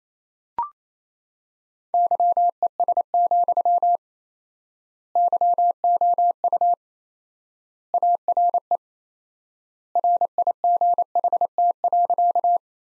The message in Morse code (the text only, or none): YES, YOU ARE RIGHT.